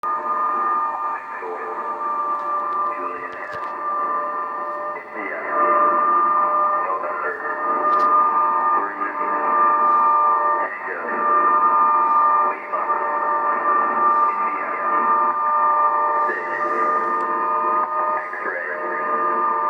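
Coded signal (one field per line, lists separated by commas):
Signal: coded military voice message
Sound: muffled single-sideband voice reading over steady hum and radio noise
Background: radio static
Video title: 11.175 MHz 'War Comms' Numbers Station - vol. 2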